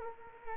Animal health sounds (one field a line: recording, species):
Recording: mosquito wingbeat signal from an infrared sensor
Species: Culex quinquefasciatus